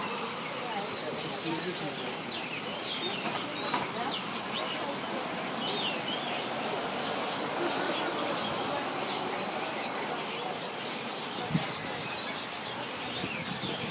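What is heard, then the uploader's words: Birds in a tree chatter in a dense, steady wash of bright chirps and tweets, many calls overlapping with no pauses. A low rumble of traffic and faint voices sits underneath, and a single sharp tap stands out near the end. Birds in a tree by thenycnomad.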